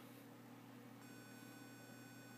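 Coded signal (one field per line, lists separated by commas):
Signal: beep code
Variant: homemade recliner controller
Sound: low electrical hum, then a steady buzzy beep tone that continues to the end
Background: electrical hum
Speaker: it's a constant tone indicating you know the chair uh recliner is you know coming up or down or whatever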